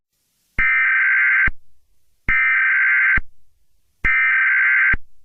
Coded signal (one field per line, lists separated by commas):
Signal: Emergency Alert System (SAME) tones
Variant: header bursts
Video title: EAS Scenario #7: The Great Cleansing